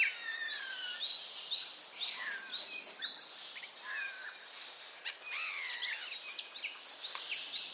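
Common starling calls: sliding whistles, short clicks and a buzzy rattling burst midway, followed by rapid chattering whistled notes.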